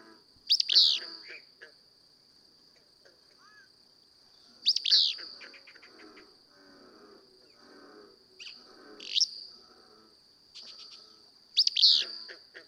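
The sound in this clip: Willow flycatcher song: short, harsh, sneezy buzzy phrases given several times at irregular intervals, over a steady high whine and soft chatter from other birds.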